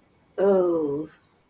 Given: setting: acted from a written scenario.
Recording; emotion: vocal sound without words; embarrassment